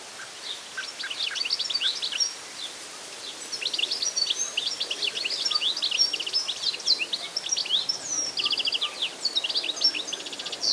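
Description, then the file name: European goldfinch chattering, a near-continuous stream of rapid, bright, tinkling and buzzy notes, with a constant background hiss. "Carduelis carduelis"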